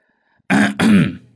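A man clears his throat in two loud, rough bursts, the second longer and lower, with no speech around it.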